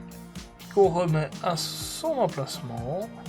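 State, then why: Not seated. While reassembling an airsoft hop-up unit to replace its hop-up seal, the small metal C-clip is being placed back into its groove on the inner barrel by hand, with music playing. Someone talks over the handling, and a brief faint tap occurs at 0.4 s. The clip has not snapped into place yet; nothing has seated.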